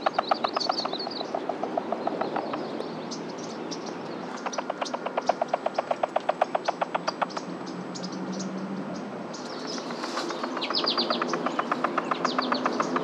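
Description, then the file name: Columbia spotted frog calling in rapid trains of short knocking pulses, several bursts throughout, with high bird chirps and twitters overlapping. "rluteiventris"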